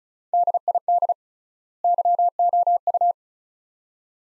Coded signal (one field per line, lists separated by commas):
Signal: Morse code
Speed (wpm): 34 wpm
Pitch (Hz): 700 Hz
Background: none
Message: DID YOU